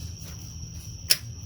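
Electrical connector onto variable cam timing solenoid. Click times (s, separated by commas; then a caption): 1.1 s. A plastic electrical connector is pushed onto the variable cam timing (VCT) solenoid of a 2007 Ford Edge 3.5L, against a steady high-pitched tone and low hum. A short, sharp click sounds at 1.1 seconds as the connector clicks into place and is seated.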